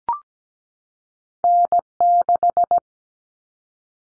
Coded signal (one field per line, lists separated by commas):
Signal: Morse code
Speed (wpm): 17 wpm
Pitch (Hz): 700 Hz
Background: none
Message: N6